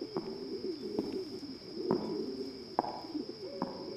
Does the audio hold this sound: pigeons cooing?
yes